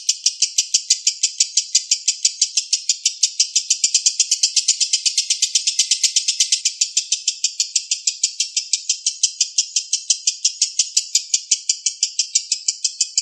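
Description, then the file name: Lovebird long trill: high, grating notes chattered in rapid succession, holding a steady pace throughout. Long trill, a song style locally called ngekek panjang. "ngekek panjang lovebird kusumo"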